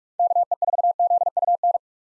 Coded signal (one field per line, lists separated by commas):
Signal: Morse code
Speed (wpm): 46 wpm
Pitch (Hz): 700 Hz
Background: none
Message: KE4ZUN